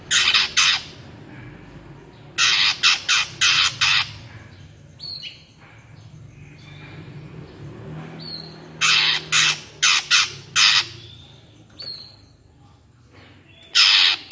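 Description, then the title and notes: Greater green leafbird sings repeated clusters of short harsh rasping notes, broken by brief clear whistles and slurred tones between the bursts. Bird singing vigorously (gacor) in ngentrok style with crest raised; recording meant as a master track for training caged greater green leafbirds. "Cucak Ijo Gacor Ngentrok Jambul Nembak. suara burung cucak ijo gacor, merdu cocok buat masteran burung cucak ijo"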